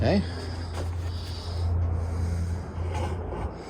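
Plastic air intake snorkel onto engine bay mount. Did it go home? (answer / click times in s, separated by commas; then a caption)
no / none. A plastic air intake snorkel, removed for an oil change on a Mercedes E300 W213, is handled and pressed back over its snap-fit mount in the engine bay while someone talks. Low rumble and faint rubbing of plastic are heard, with no distinct click. Nothing has seated or clicked yet.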